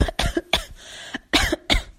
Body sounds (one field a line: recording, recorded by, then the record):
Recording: voluntary cough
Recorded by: messaging app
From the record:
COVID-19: negative